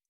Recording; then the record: hydrophone in a shrimp aquaculture tank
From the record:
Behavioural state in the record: feeding